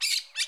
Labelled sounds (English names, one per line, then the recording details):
Brown-throated Parakeet contact call
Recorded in Curacao
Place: Hoffi Jan Thiel
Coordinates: 12.094, -68.877